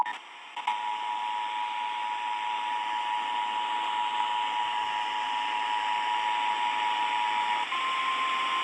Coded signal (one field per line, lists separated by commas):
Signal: Emergency Alert System (SAME) tones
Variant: 853 and 960 Hz attention tone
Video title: (EAS "#940-948") North Carolina Tornado Drill on NWR (KJY85 + WNG588) + FM Radio - 3/4/2026